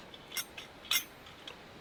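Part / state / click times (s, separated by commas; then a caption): folding legs on a backpacking stove body / seated / 0.6 s, 0.9 s, 1.5 s. Someone swings out and locks the folding titanium legs of a Soto ST-350 small canister stove, a lightweight backpacking stove body, producing short, bright metallic clicks. The legs lock into place with clicks at 0.6, 0.9 and 1.5 seconds, the sharpest at 0.9 seconds.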